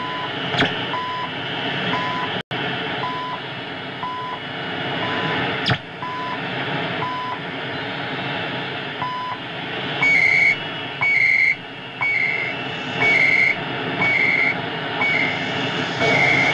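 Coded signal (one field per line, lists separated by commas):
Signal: radio time signal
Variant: CHU Canada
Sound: short 1 kHz tick every second, one skipped, then warbling data chirps each second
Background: radio static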